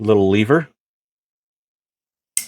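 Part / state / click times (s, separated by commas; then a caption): folding scissors lock on a multitool / seated / 2.4 s. Someone talks briefly, then after a near-silent pause a single crisp click at 2.4 s marks the folding scissors on a metal BIBURY Multitools Pliers Pro BI2049 multitool being opened, with a little lever pushed and the liner lock snapping into place. The scissors are locked so a finger isn't accidentally cut.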